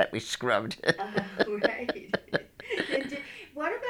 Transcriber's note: she laughs